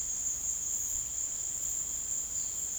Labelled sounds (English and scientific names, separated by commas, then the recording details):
none
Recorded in secondary vegetation near Puerto Asís, Putumayo, Colombia, on 18 February 2024 at 16:00
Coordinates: 0.468, -76.324
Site G6381